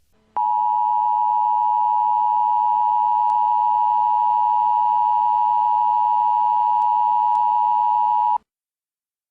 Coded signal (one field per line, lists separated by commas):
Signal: Emergency Alert System (SAME) tones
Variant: 853 and 960 Hz attention tone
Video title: Eas scenario - Jupiter Collision REMASTERED